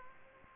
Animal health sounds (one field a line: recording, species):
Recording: mosquito wingbeat signal from an infrared sensor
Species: Aedes aegypti